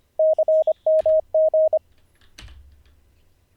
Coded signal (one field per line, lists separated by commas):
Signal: Morse code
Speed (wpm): 25 wpm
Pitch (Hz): 630 Hz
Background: none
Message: CMG